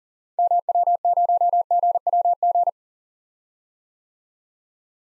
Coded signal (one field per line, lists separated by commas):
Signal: Morse code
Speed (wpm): 40 wpm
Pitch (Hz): 700 Hz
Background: none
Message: MW0GWG